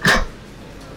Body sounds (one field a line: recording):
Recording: coughing mixed with background sound